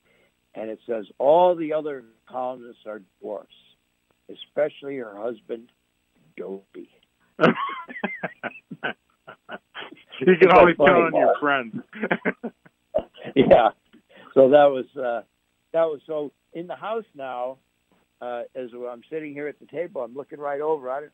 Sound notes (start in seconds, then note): 7.4 laughs; 12.0 laughs